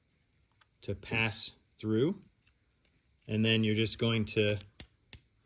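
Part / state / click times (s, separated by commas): printed plank hook into adjoining plank / seated / 4.8 s, 5.1 s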